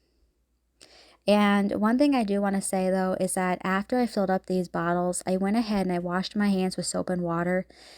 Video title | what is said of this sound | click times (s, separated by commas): Making my own Cuticle oil pen | You'll know it's pushed all the way down when you hear a snap. | 0.8 s